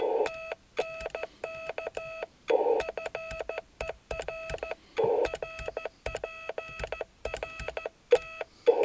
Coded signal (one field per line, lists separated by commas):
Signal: Morse code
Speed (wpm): 14 wpm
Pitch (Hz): 2600 Hz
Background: none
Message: TNK FER RPRT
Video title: QSO CW DX